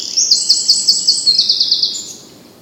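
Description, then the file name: Eurasian wren song fragment: a fast, high trill of sharp repeated notes, ending in a brief higher note and fading, with a quiet background. "Troglodytes troglodytes"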